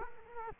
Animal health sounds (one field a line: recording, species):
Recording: mosquito wingbeat signal from an infrared sensor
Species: Culex quinquefasciatus